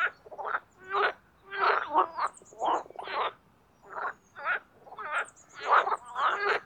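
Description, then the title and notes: Marsh frogs uttering repeated harsh croaks and short chuckling trills, a rhythmic run of bursts in quick succession, with a few faint high squeaks. Spring mating chorus in an artificial pond created for water activities at Parc Chédeville, Oise, after a cold night. "au Parc Chédeville dans l'Oise. des grenouilles rieuses"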